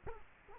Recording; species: mosquito wingbeat signal from an infrared sensor; Culex quinquefasciatus